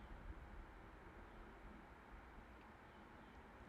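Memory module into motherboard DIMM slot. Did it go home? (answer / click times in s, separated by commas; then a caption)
no / none. A memory module is handled over a motherboard DIMM slot, with only a steady low rumbling background and no distinct hits. Nothing has seated or clicked yet.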